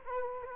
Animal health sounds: mosquito wingbeat signal from an infrared sensor; Culex quinquefasciatus

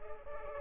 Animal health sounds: mosquito wingbeat signal from an infrared sensor; Culex pipiens

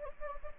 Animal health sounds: mosquito wingbeat signal from an infrared sensor; Anopheles gambiae

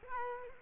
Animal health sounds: mosquito wingbeat signal from an infrared sensor; Culex quinquefasciatus

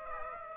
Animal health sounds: mosquito wingbeat signal from an infrared sensor; Aedes aegypti

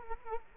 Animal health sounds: mosquito wingbeat signal from an infrared sensor; Culex quinquefasciatus

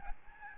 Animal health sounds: mosquito wingbeat signal from an infrared sensor; Aedes albopictus

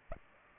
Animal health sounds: mosquito wingbeat signal from an infrared sensor; Culex pipiens

